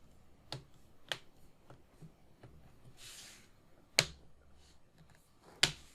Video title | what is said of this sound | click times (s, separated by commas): How an Economist Buys a Laptop: Upgrade it! Part 2 of 2 | Or big clicks. | 0.5 s, 1.1 s, 4.0 s, 5.6 s